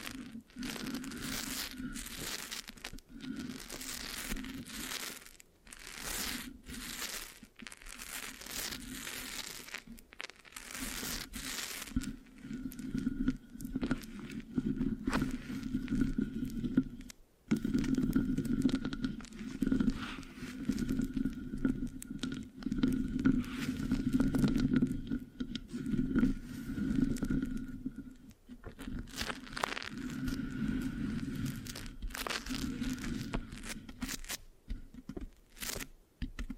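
Scratching and rubbing on a microphone, with dense bursts of crinkly, sticky friction through the first twelve seconds and again near thirty seconds. Between them a low steady hum carries on under softer, continuous rubbing, with a faint thin tone held above it.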